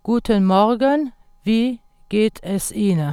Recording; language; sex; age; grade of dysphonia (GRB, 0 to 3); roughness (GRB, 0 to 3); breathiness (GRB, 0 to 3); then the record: spoken sentence; German; female; 40 to 49 years; 0; 0; 0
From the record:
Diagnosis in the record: healthy voice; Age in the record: 41 years